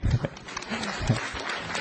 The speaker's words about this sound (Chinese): 好，帮助别人，掌声鼓励。